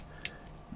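A 3D-printed plastic toy building part, a wheel or accessory clip, is snapped onto a toy brick model. A single sharp, bright click sounds at 0.3 s, followed by a faint soft bump near 0.7 s over a quiet background. The part seats in place easily.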